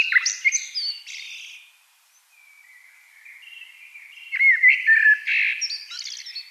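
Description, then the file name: Eurasian blackbird singing: a squeaky twittered close, a pause, then a low mellow warble building into rich fluted notes. "Turdus merula"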